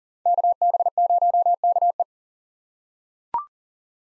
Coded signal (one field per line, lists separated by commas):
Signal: Morse code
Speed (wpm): 40 wpm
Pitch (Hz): 700 Hz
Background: none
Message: KB0KE